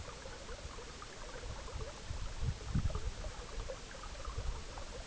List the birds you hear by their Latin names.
none